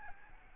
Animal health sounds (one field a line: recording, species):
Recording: mosquito wingbeat signal from an infrared sensor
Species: Aedes albopictus